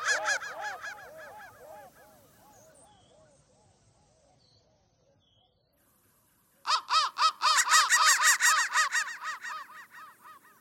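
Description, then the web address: Crow cawing: a run of harsh, arched calls fades out, a quiet gap follows, then a loud burst of rapid repeated caws. "soundfactory crow"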